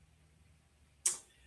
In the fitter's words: to the green open lock. And you're going to hear a click.